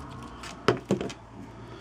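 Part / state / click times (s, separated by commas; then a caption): tweezers into a multitool handle slot / seated / 0.7 s. Small tweezers are slid into their slot in a multitool handle, where a little lump on them locks them in place with a sharp click at 0.7 s. Two softer clicks follow at about 0.9 and 1.0 s, and the tweezers end up seated and locked in the handle.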